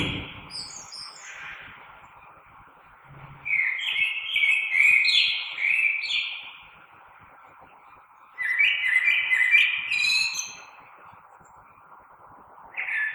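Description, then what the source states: Common blackbird singing: the end of a phrase, then two long, melodious fluted phrases with high squeaky ends separated by pauses, and another phrase just starting at the end. Recorded 3 March 2020.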